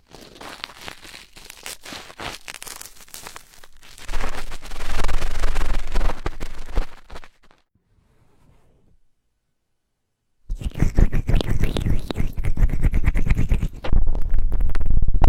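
Vigorous rubbing right against the ear, a dense, scratchy crinkling that swells louder around four seconds. It drops to near silence from about seven to ten seconds, then returns harder, with a sharp surge near fourteen seconds.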